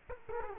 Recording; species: mosquito wingbeat signal from an infrared sensor; Culex quinquefasciatus